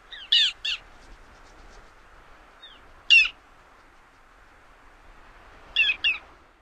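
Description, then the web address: Ruddy turnstone calls: short, harsh, clipped notes in three separate bursts, two of them pairs and one a single note, with quiet gaps between. North America. "Songs of Birds of North America Stokes. Ruddy Turnstone"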